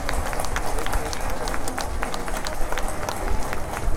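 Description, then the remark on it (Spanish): A crowd applauds good water governance, clapping steadily for several seconds in a dense, even patter of hand claps with a few sharper cracks and a murmur of voices mixed in. “Un aplauso para el buen gobierno del agua.”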